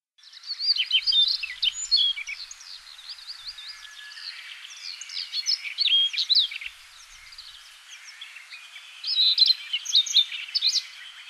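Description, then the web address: Siberian rubythroat giving several bursts of fast, scratchy, varied warbling with squeaky slurred notes, separated by short quieter stretches. Recorded in Hokkaido, Japan, on 24 June 2005. "koe nogoma 050624 hokkaidou kaji"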